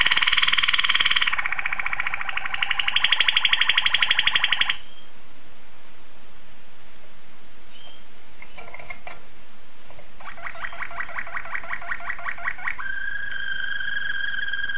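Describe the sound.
Domestic canary song opening with a loud, fast rolling trill, then softer rattling phrases and another rapid roll, closing on a clear steady whistle.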